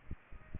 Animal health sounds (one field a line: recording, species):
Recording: mosquito wingbeat signal from an infrared sensor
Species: Aedes aegypti